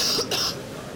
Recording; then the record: coughing mixed with background sound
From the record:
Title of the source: November cold (wet coughing)